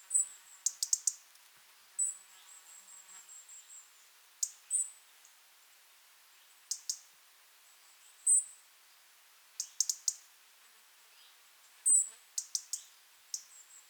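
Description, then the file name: European robin calls: clusters of sharp ticks every couple of seconds mixed with thin high seeps, one drawn into a short trill. "Erithacus rubecula"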